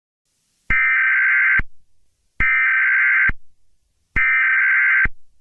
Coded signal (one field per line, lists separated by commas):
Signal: Emergency Alert System (SAME) tones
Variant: header bursts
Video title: EAS Scenario 1 | Garten of BanBan Chapter 1: The Wrecking Monsters